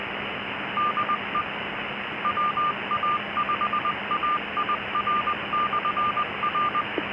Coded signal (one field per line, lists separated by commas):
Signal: Morse code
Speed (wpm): 20 wpm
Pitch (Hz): 1200 Hz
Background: none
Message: DE WA5AIR/R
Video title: 2025-09-04 1200 [LIVE] Music, Ham Radio VOX & FT8 - Offline Worldwide Comms from the Edge of the Net